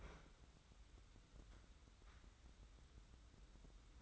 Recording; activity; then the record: daily activity, microphone in the room; open fridge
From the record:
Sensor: 3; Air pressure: 994.4 hPa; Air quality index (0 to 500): 208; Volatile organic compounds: 1000 ppm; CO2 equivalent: 6969 ppm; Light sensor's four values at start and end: 204/492/208/209 and 201/486/206/206